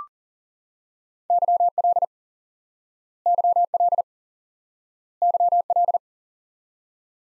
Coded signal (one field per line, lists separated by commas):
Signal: Morse code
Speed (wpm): 40 wpm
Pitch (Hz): 700 Hz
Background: none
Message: YL YL YL